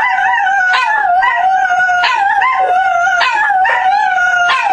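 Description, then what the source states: Dog howling in a steady, quavering tone, repeatedly cut by short yelps and barks. Howling, barking and whining.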